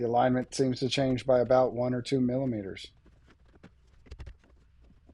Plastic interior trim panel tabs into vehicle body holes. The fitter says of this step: but it all snapped back in everything went back in as supposed to be